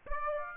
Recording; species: mosquito wingbeat signal from an infrared sensor; Aedes aegypti